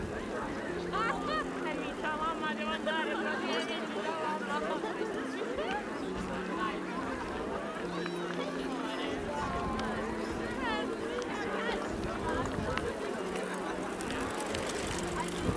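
Hundreds of people go about their activities on Tempelhofer Freiheit in Berlin, a steady mix of overlapping voices, chatter and low rumble throughout.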